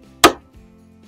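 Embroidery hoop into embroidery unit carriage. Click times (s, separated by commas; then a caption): 0.2 s. A plastic embroidery hoop is pushed onto the embroidery unit carriage of a Janome Continental M17 sewing and embroidery machine. It latches with a loud, sharp click at 0.2 s, followed by a faint knock and low hum. The hoop is seated and locked in.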